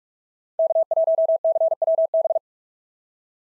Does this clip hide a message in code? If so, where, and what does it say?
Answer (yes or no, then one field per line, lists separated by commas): yes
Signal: Morse code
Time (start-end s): 0.6-2.4 s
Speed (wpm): 46 wpm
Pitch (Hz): 650 Hz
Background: none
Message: K1CWB